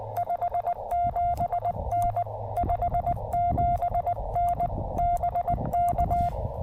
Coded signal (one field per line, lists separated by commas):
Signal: Morse code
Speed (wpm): 19 wpm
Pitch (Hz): 690 Hz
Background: none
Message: 57N 57N BK